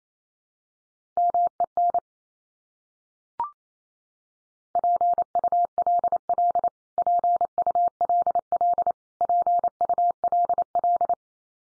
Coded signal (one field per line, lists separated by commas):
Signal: Morse code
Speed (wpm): 28 wpm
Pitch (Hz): 700 Hz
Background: none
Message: MEN PULL PULL PULL